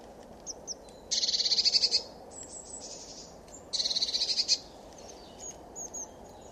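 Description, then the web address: Eurasian blue tit churr: two rattling, evenly pulsed scolding bursts about two and a half seconds apart, with scattered high thin notes around them. "cianscape birddata Deverinetal 2025 Bird Only Cy Ca"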